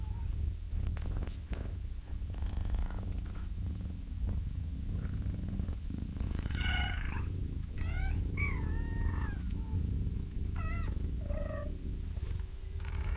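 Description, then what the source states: Cat purring with a low continuous rumble, broken by several short chirping meows in the second half. Cat gently meowing and purring in long intervals.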